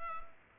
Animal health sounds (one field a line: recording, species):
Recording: mosquito wingbeat signal from an infrared sensor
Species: Culex pipiens